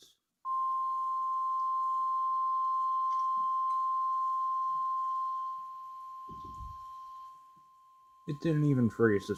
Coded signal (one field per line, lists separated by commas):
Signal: Emergency Alert System (SAME) tones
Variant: 1050 Hz attention tone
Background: speech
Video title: Required Weekly Test (EAS 446)